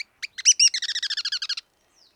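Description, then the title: Black-crested Tit-Tyrant: a few stuttering introductory notes leading into a quick, even trill that stops abruptly after about a second. "Black-crested Tit-Tyrant (Anairetes nigrocristatus)"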